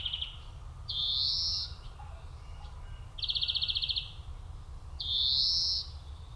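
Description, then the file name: European Greenfinch calls: drawn-out wheezy buzzes alternating with rapid trilled rattles, each lasting about a second, over low background rumble. "Chloris chloris"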